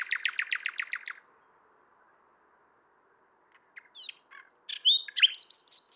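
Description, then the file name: Common nightingale song: a rapid run of repeated sharp notes, a quiet gap, then varied whistled slurs and a loud repeated phrase. "Luscinia megarhynchos"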